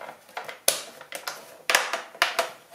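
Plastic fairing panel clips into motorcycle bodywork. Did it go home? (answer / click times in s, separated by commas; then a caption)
yes / 0.7 s, 1.7 s, 2.2 s. A plastic fairing panel is pressed flat against the bodywork of a Suzuki GSX-S 750 during a service after it starts to fit. Sharp, loud snaps ring out at 0.7, 1.7 and 2.2 seconds as its clips engage, with a few softer taps in between. The panel ends up seated.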